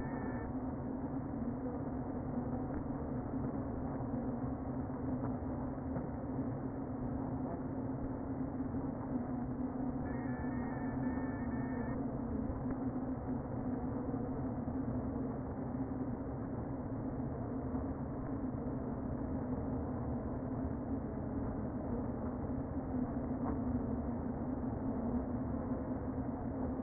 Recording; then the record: honeybee colony, microphone inside the hive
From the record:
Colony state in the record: queen present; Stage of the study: before two queens were removed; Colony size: about 60,000 bees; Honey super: yes